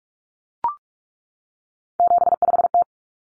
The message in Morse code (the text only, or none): 75T